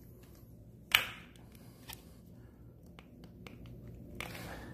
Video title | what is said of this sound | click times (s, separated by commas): DIY Inexpensive Home Computer Network - HACKS | not snapped in right | none